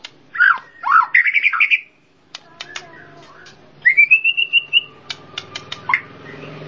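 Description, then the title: Bird whistles in rising and wavering slurs, then a bright rising whistle with rapid pulses, mixed with clicking chips and faint hum. Complete set of masteran bird song. "Kicau Burung Masteran Lengkap"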